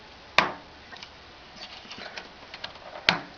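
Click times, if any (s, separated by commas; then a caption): 0.4 s, 3.1 s. A desktop RAM memory module is pressed into its motherboard DIMM slot until the retention clips snap shut. Two loud, sharp clicks ring out at 0.4 and 3.1 seconds, with faint small ticks and rustles in between. The module is seated in the slot.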